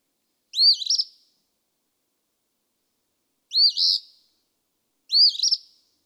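Eastern phoebe song: three harsh, rising-and-falling two-part phrases, the first followed by a long pause, the last two close together.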